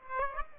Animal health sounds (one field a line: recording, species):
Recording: mosquito wingbeat signal from an infrared sensor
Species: Aedes aegypti